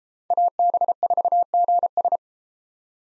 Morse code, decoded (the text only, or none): AB4GS